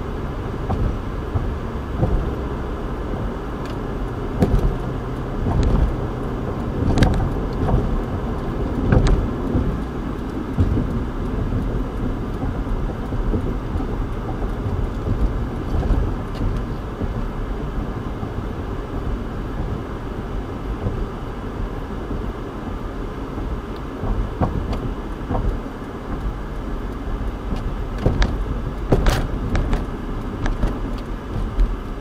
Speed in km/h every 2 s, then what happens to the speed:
82, 81, 79, 79, 72, 68, 66, 66, 68, 69, 69, 69, 64, 60, 55, 34.
0-6 steady at about 79. 6-11 slows to 66. 11-22 steady at about 68. 22-32 brakes to 34.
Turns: none.